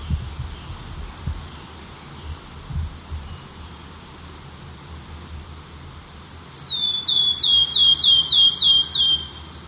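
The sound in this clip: Wood warbler song: after quiet low rumble, a loud series of several sharp, descending, high notes repeated quickly near the end.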